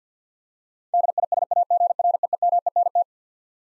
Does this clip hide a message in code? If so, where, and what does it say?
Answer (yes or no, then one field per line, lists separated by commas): yes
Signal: Morse code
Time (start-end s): 0.9-3.0 s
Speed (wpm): 50 wpm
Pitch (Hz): 700 Hz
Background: none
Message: DISAGREEMENT